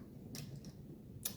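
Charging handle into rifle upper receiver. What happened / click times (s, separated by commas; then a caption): The charging handle latched into place / 1.3 s. A charging handle is slid back into the upper receiver of an AR-15 rifle, its indent meeting the metal groove of the bolt carrier. Metal parts tick softly at about 0.4 s and 0.6 s as they are worked in. A sharper click at 1.3 s marks the charging handle locking into place.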